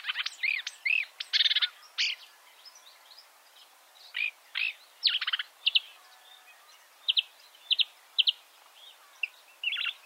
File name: suara kicauan burung marsh warbler. omkicau